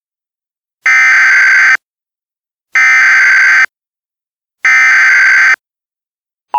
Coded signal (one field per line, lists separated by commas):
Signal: Emergency Alert System (SAME) tones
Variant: header bursts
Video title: Mock EAS Alert - Do Not Cook While Drunk